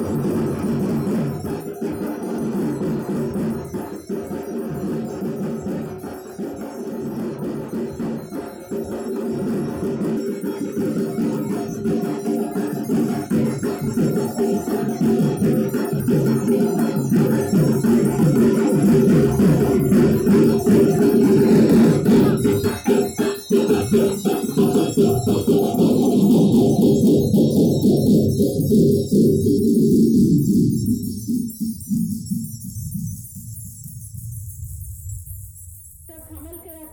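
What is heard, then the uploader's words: A dense festival soundscape at a Durga Pujo gathering: a thick, continuous wash of crowd and instruments, with metallic bell-like ringing and rapid rhythmic striking throughout. The sound swells toward the middle, then loses its brightness and fades to a low murmur near the end. Durga Pujo Soundscape. This piece was initially created to supplement an ethnographic study of Durga Pujo celebrations in New Delhi. Rather than simply presenting the field recordings as they are, they have been edited and compiled in such a way that they flow from one to the other.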